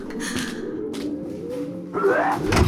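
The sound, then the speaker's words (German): A small metal door strains under force as people brace against it, its low groaning creaks sliding in pitch and rising into a sharper squeal near the end, broken by a few dull knocks and bangs. “Ah, die Tür! Die Tür! Schnell! Wir müssen uns dagegen stemmen!”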